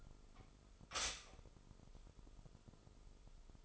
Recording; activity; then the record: daily activity, microphone in the room; stop toaster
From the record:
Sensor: 5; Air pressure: 988.7 hPa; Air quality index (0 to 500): 228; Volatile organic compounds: 158 ppm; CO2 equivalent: 4057 ppm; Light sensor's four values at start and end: 40/124/48/52 and 40/124/48/52